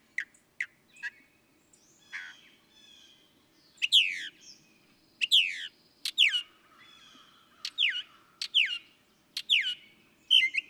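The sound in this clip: Northern mockingbird song mixing sharp clicks, a rasping note and loud downward-sweeping whistles repeated several times.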